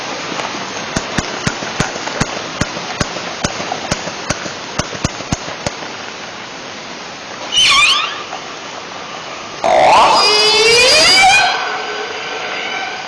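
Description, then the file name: Orca calls: a run of sharp regular clicks for about five seconds, then a brief high squeal and a long harmonic-rich call sweeping up and down, over steady hiss. Calls, recorded 31 March 2004. "Orca Lab Luna"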